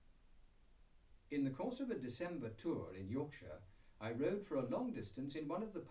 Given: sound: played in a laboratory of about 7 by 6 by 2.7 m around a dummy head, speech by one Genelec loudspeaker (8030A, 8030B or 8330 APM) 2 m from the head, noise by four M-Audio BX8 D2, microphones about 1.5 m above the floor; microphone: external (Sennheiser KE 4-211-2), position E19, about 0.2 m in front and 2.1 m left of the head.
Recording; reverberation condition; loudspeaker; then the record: male speech in English; low; 30 degrees to the right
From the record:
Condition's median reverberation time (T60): about 310 ms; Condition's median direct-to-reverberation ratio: about 3.5 dB